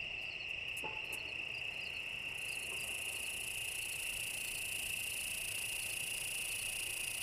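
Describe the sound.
Cicada song: a sustained high-pitched steady buzz, with a few sharp ticks at first and a second, higher hissing layer starting after about two seconds.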